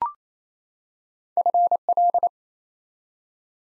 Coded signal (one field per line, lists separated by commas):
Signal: Morse code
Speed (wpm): 27 wpm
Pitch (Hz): 700 Hz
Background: none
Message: FL